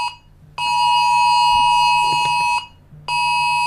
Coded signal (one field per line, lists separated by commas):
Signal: Emergency Alert System (SAME) tones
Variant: 853 and 960 Hz attention tone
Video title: Rating eas alarm alt